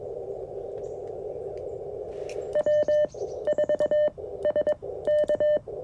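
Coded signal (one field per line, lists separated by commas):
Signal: Morse code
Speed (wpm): 22 wpm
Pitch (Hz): 590 Hz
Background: none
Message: W4SK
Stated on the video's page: QRP CW Parks on the Air activation using a CFT1 radio, a Modern Morse Nameless key, and a whip antenna with a coil.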